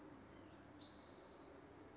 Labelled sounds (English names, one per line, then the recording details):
Spotted Towhee
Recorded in Sonoma County, California